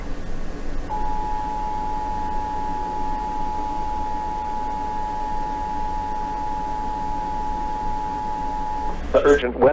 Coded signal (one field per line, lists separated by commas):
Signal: Emergency Alert System (SAME) tones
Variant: 853 and 960 Hz attention tone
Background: speech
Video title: Southern Ohio takes ANOTHER hit.. 🌪 || EAS Alerts from May 7, 2024 (EAS #2,654-2,667)